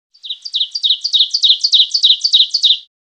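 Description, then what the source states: Bird calling, a rapid, even string of many high chirping notes over nearly three seconds, each sliding downward. Jungle bird in a forest ambience.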